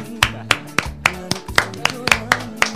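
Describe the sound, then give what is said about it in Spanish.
Steady rhythmic hand clapping on a radio programme, about ten sharp, bright claps at an even quick beat, with a low sustained musical tone running underneath. “Un aplauso, por favor.”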